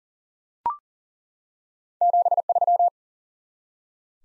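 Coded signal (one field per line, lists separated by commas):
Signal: Morse code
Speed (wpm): 40 wpm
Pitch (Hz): 700 Hz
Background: none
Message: 73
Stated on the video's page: Morse code head-copy drill of the top 20 QSO elements at 40 wpm, each element sent, then spoken, then sent again.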